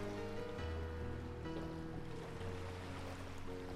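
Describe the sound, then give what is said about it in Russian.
A yacht's steady engine drone hums low beneath a continuous wash of water and waves as it moves over the waves, holding at an even, moderate loudness throughout with no voices. “Яхта идет по волнам.”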